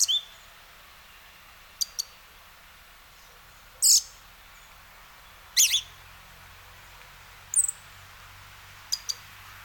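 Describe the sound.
Western red-legged thrush giving short, sharp high calls, single or doubled notes, spaced roughly every two seconds over a faint steady hiss.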